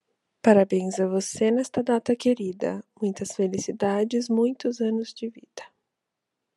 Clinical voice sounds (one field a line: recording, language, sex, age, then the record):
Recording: short text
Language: Brazilian Portuguese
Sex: female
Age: 20 to 29 years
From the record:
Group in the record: control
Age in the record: 26 years